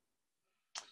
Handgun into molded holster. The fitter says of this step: it kind of snaps into place there